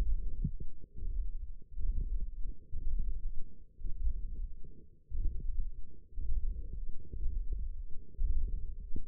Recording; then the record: forearm muscle sounds (acoustic myography)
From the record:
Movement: hand opening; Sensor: system 1, eight BSWA MPA416 microphones around the upper forearm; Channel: 3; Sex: female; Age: 21 years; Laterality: right